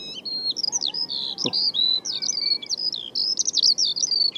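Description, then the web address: Bird song, a rapid run of varied high whistled notes that slide up and down, with one sharp click partway through. "Bird Only"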